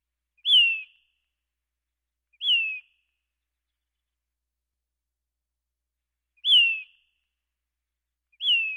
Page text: Says Phoebe. Quick Sounds